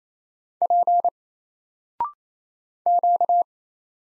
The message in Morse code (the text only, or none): P Q